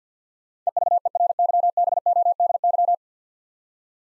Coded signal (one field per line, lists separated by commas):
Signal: Morse code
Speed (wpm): 48 wpm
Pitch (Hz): 700 Hz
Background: none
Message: EVERYBODY